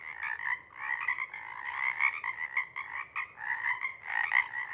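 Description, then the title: Pacific chorus frogs calling together in a steady wash of overlapping croaks with louder peaks. Pacific chorus frog chorus at a pond in pre-morning twilight as late night wanes; temperature torpor sets in, individuals leave to hunt; chorus breaks into successive waves circling the pond, then staccato sections tapering away. "Chorus Frogs, Chorus Waxes and Wanes, pre-morning-twilight"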